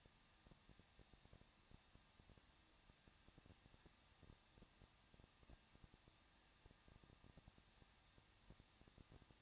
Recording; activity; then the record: daily activity, microphone in the room; no activity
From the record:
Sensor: 3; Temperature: 21.2 degrees Celsius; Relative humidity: 36.3%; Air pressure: 1006.5 hPa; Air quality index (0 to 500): 221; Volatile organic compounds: 39 ppm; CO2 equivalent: 3134 ppm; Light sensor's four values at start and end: 2/3/2/2 and 2/3/2/2